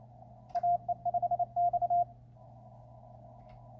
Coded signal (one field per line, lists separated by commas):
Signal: Morse code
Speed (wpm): 29 wpm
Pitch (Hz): 700 Hz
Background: radio noise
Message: AE5X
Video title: Penntek TR-35 QRP in the CWT Sprint